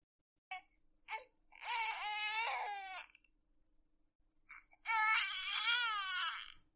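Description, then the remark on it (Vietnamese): An infant wails in two long, high-pitched bouts, each preceded by short catching sobs, with a brief pause between the cries. “Nghe tiếng trẻ con khóc như sấy vải khiến bà nhớ lại buổi nói chuyện hồi tháng 3 vừa rồi.”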